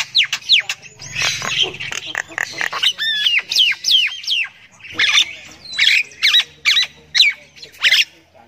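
Myna calls: rapid chattering, then a lively series of looping whistles and squawks, each note bending up and down.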